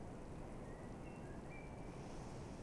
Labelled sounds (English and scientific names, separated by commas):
Common Blackbird (Turdus merula)